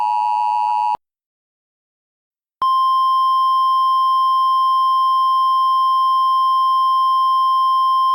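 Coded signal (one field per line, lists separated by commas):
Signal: Emergency Alert System (SAME) tones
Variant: 853 and 960 Hz attention tone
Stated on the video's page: Self-made recreated EAS alert about a real tornado in Enderlin, North Dakota, not an actual broadcast.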